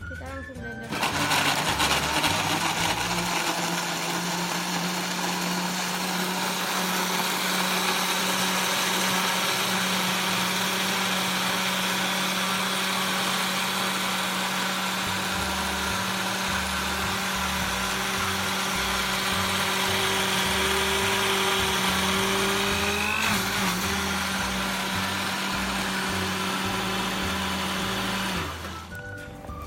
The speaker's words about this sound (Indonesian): Kita kasih sedikit air ya, biar bisa muter. Jadi langkah pertama adalah blender pepaya, baru kita ke bahan yang lain.